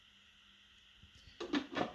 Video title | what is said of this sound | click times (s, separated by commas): Technivorm Moccamaster KBGT 741 Critique VS Sage / Breville Precision Brewer | satisfying click you know it's in place | 1.4 s, 1.6 s